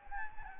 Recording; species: mosquito wingbeat signal from an infrared sensor; Anopheles gambiae